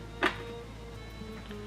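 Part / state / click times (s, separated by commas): lens or accessory onto camera body / not seated / none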